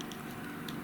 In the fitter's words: pressing on the tab trying to slide it back snapped in place none of the four P pieces are broken